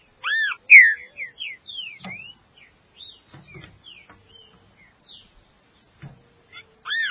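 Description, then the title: Green-winged saltator singing bright whistled notes, some slurred downward, in a short phrase followed by softer scattered notes, then a fresh loud whistle at the end. "Trinca Ferro"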